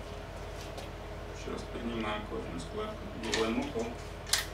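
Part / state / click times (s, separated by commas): microchip implanter plunger pushed to its stop / seated / 4.3 s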